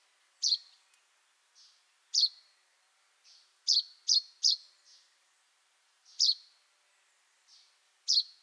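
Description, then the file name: Common chaffinch giving short, sharp, high call notes, seven loud ones at irregular intervals, some paired closely, with fainter softer notes between them. "Fringilla coelebs"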